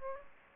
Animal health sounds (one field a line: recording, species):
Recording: mosquito wingbeat signal from an infrared sensor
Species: Aedes aegypti